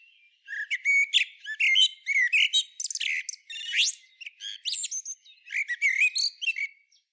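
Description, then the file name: Common blackbird pouring out rapid, jumbled phrases of squeaky chirps, slurred whistles and a fast upward sweep, almost without pause. "Turdus merula"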